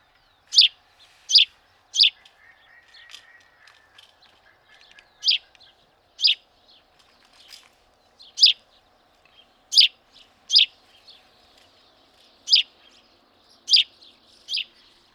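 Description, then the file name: House sparrow calls: loud, sharp chirps given in irregular groups, with faint twittering in between. "Passer domesticus"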